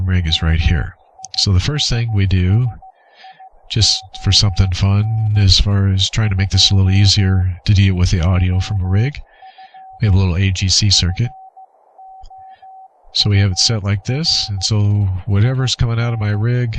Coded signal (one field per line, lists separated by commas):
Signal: Morse code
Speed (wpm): 15 wpm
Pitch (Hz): 760 Hz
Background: speech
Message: MISSION 2 OF FOUR IN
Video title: Morse Code QSO over the internet - software setup - config 3 - VoiceMeeter, Reaper, VST PLUGINS